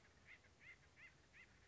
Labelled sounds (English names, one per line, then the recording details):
Acorn Woodpecker
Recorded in Sonoma County, California